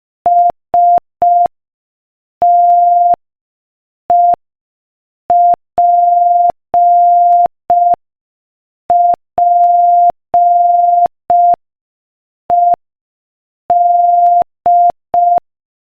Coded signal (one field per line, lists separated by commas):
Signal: Morse code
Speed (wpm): 5 wpm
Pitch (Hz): 700 Hz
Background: none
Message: STEPPED